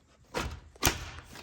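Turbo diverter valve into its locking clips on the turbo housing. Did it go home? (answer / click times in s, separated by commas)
yes / 0.9 s, 1.2 s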